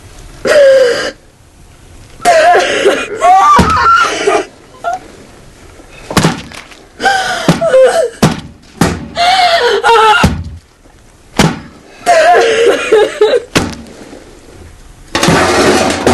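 Heavy blunt blows of a box smashed again and again into a policeman's face, sharp thuds striking at an uneven pace, with strained wordless vocal sounds and tonal noise swelling between the hits.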